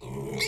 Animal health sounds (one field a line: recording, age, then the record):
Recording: pig call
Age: weaner (32 to 43 days)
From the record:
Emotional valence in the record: negative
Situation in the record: short isolation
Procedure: open field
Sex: female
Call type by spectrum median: low-frequency call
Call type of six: mixed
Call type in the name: high-frequency modulated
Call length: 0.48 s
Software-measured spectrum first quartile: 319 Hz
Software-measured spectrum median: 1849 Hz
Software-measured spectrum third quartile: 3646 Hz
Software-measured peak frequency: 2189 Hz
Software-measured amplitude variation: 106 dB a second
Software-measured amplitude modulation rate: 30.1 a second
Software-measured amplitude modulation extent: 3.5 dB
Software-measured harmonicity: 2.8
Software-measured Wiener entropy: -3.41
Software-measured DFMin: 1090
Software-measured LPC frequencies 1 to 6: 415, 2176, 3609, 4157, 4732, 5454 Hz